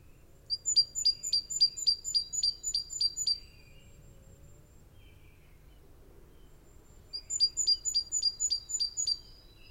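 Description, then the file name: Great tit calls, two series of rapid evenly spaced ringing notes separated by a few seconds of near silence. "Parus major"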